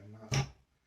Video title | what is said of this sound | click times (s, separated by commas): 4 way clamp system glue up. | popped into place okay | 0.3 s